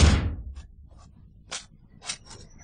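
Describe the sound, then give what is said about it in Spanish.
A door bolt is drawn back with a heavy clunk as someone unbolts a house door to get out, followed by a few short scraping clicks and creaks as the door opens, with no voices. “Descorra el cerrojo. Tiene que salir inmediatamente,”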